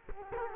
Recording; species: mosquito wingbeat signal from an infrared sensor; Culex quinquefasciatus